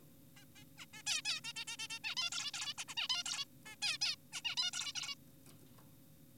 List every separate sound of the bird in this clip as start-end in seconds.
0.37-0.45, 0.56-0.64, 0.78-0.86, 0.94-1.02, 1.07-1.22, 1.25-1.41, 1.44-1.53, 1.56-1.65, 1.68-1.77, 1.79-1.88, 1.90-1.99, 2.04-2.15, 2.17-2.30, 2.32-2.52, 2.54-2.74, 2.78-2.84, 2.88-2.95, 2.97-3.08, 3.10-3.23, 3.26-3.45, 3.66-3.76, 3.82-3.98, 4.02-4.16, 4.33-4.42, 4.45-4.56, 4.58-4.71, 4.73-4.93, 4.95-5.15